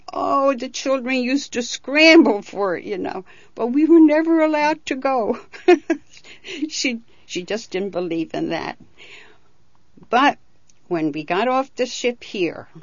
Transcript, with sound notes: And oh, the children used to scramble for it, you know. But we were never allowed to go. ( she laughs ) She just didn't believe in that. But when we got off the ship here,